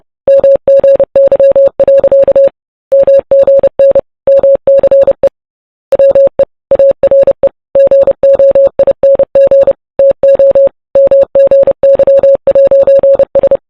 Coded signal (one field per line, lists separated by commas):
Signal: Morse code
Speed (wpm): 30 wpm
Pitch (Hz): 550 Hz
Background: none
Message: MGY. MGN MCE WE ARE GOING TO MGY'S